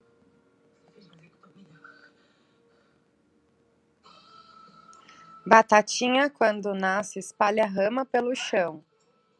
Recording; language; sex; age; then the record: short text; Brazilian Portuguese; female; 40 to 49 years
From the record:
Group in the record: control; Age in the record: 42 years